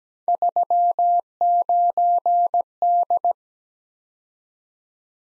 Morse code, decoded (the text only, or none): 39D